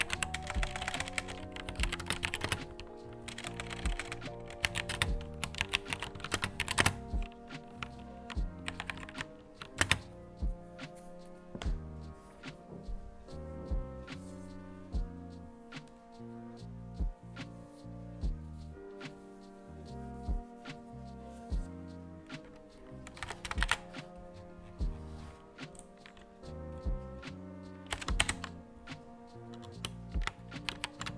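Keyboard typing while doing homework, with quick bursts of key clicks that start and stop irregularly, separated by brief pauses. The pace is fairly dense, with a few louder thumps near 10 and 28 seconds, over steady sustained tones in the background.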